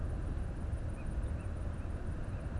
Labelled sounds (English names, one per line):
Tawny Owl